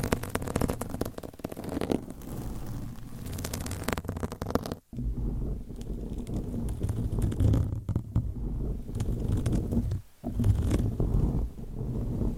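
Microphones are scratched with nails and covers, making a dense, continuous rasping and crackling texture with a strong low rumble. Around five seconds the sound cuts out briefly and returns duller, with another short dropout near ten seconds.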